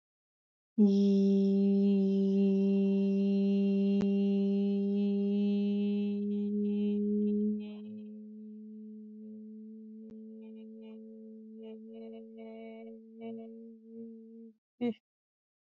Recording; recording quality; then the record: sustained vowel as in beet; excellent, no background noise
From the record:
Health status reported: healthy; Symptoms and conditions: none ticked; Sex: female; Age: 19 years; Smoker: not ticked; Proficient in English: yes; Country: India